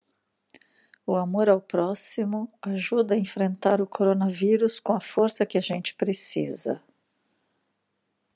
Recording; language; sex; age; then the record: spoken sentence; Brazilian Portuguese; female; 50 to 59 years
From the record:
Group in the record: control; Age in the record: 55 years